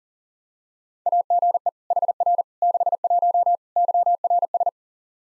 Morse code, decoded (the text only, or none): AGE HR 61 YRS